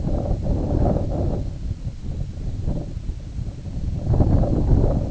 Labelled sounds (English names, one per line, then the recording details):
none
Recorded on Arctic tundra, site IGLO-A, on 19 June 2018
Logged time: 03:59